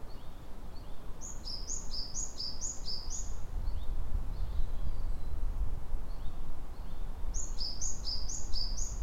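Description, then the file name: Japanese tit singing clear, high two-note phrases in a quick run of five, then another burst near the end, with softer notes between and low-pitched background noise throughout. Recorded at Kotori no Mori on 30 April 2018. "kotori sijukara 180430"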